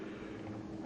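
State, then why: Not seated. A small plastic rider seat, taken from the top of a triceratops toy dinosaur, is handled and brought toward another seat mount on the dinosaur to be clipped in. A steady broadband rumble fills the clip with no distinct sharp sounds. Nothing has seated or clicked yet.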